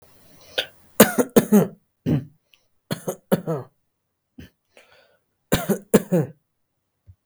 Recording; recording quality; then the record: heavy voluntary cough; moderate, slight background noise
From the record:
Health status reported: healthy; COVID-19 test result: negative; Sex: male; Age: 29 years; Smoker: no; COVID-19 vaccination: both doses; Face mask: not worn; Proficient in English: yes